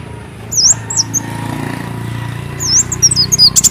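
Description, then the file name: Leafbird calls of a few high, slurred whistled notes in two short groups over a steady low rumble, ending with sharp chirps. "Tieng chim xanh tim"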